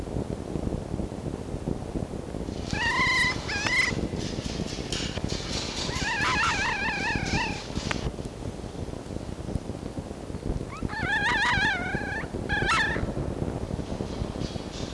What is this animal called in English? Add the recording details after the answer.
Red Fox. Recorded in captivity. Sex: male. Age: juvenile. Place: Zoologisches Institut der HUB, Berlin, DE. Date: 1954-04-16 12:00. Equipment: Elmetra. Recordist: Tembrock, Günter